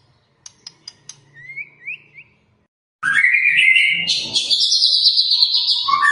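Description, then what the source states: White-rumped shama: a few sharp clicks and short rising whistles, then a loud, continuous, dense burst of sound. Lure recording of a vigorously singing (gacor) white-rumped shama, used to make other shamas respond and sing straight away.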